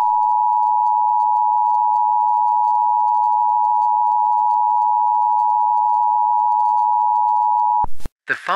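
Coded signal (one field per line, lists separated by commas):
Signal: Emergency Alert System (SAME) tones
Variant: 853 and 960 Hz attention tone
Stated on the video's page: Fictional EAS scenario, not a real alert.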